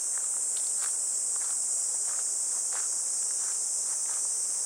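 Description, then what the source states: Unbroken shrill cicada buzzing fills the air, steady and high, with soft footsteps tapping along underneath. Recorded walking a riverbank embankment path on a fresh, clear morning, heading toward a weir.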